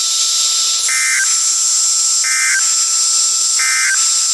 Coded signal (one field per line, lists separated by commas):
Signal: Emergency Alert System (SAME) tones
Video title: Another EAS Video that is not in Chicago... (EAS 161-163) 6/14/23